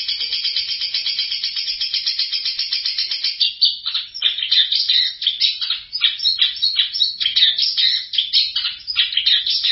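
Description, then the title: Long-tailed shrike song opens with a fast, even trill, then breaks into a dense chatter of scratchy, shifting notes that run on without pause. Champion competition songbird. "Kicau Burung Cendet Juara"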